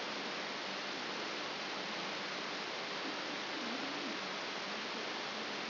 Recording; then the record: brain microelectrode recording played as sound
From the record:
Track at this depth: outside the subthalamic nucleus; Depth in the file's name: 5.901 mm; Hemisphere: left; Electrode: 3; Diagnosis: Parkinson's disease